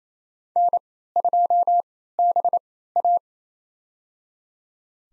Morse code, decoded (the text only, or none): N2BA